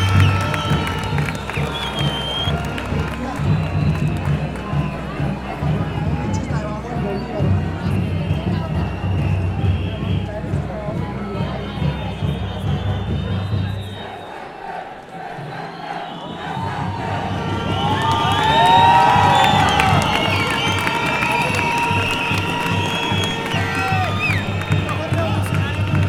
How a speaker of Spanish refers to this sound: Un gran aplauso a nuestros compañeros de secundaria que también vienen a construir una nueva educación diferente.